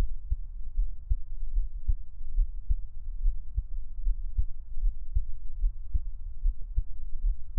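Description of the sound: Steady, regular low thumps at roughly 75 beats a minute, with about nine beats heard, over a soft continuous low hum. No talking. It is an ordinary adult heartbeat, heard close up as relaxing ASMR listening.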